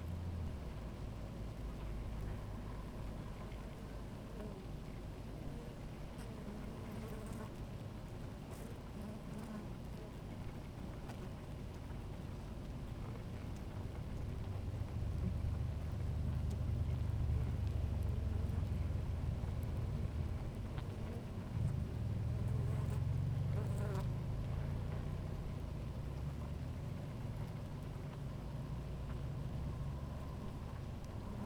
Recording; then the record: honeybee colony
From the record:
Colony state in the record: active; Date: 28 July 2017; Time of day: 16:58